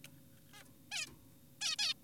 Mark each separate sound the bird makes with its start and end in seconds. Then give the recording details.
0.54-0.64, 0.92-1.07, 1.61-1.76, 1.79-1.94. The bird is an adult. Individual g4p5U